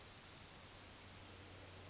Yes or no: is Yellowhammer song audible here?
no